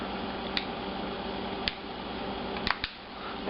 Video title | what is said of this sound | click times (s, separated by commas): Contour Design: HardSkin For iPhone 3g/3GS - Unboxing & Review | you can hear it click | 0.6 s, 1.7 s, 2.7 s